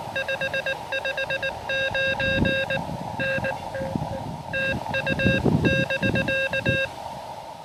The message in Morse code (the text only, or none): 559 N TU <BK>